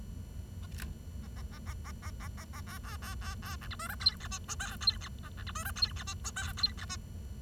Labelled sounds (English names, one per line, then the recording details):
Bengalese Finch song
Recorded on 23 June 2012 at 09:35
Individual gr41rd51